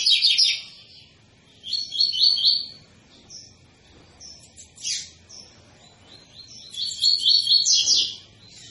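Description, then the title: Double-collared seedeater song in short bursts of rapid, buzzy, high notes, with quieter stretches and a few scattered chirps in between. Tui-tui song style, a teacher song for training young birds; the bird is described as 'fibra'. "COLEIRO TUI TUI FIBRA CANTO PROFESSOR"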